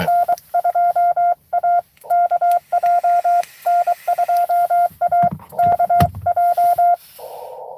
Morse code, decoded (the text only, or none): N2AKJ N2AKJ